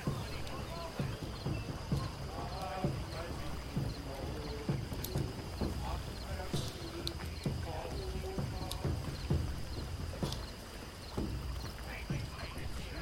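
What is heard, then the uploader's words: A night-time Viking village bustles with murmuring voices, clopping hooves and scattered knocks over a steady low rumble and faint high hum. Viking village at night. Viking feast.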